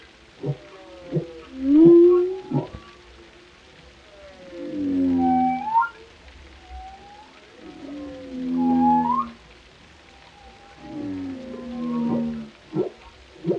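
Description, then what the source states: Whale song in scattered phrases: short swooping moans, brief rising squeals and clicking pulses separated by quiet gaps. Whale vocalizations, including moans, calls and melodic sounds.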